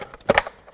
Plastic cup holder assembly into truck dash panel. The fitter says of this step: make sure it clicks in clicked in up top and on the bottom yep on both sides so